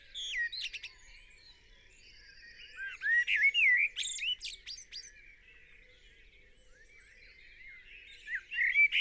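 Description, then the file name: Common blackbird song: swooping, fluting notes in a few phrases, the longest in the middle. "Turdus merula"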